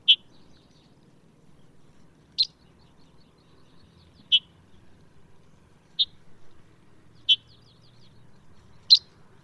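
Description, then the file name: Red-headed bunting giving six short, sharp high notes spaced about one to two seconds apart, with soft, faint twitters between them. "Red headed Bunting Emberiza bruniceps"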